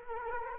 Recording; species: mosquito wingbeat signal from an infrared sensor; Culex quinquefasciatus